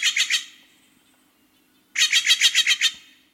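Steller's Jay harsh calls: a quick burst of three rasping notes, a pause of about a second and a half, then a run of seven grating notes.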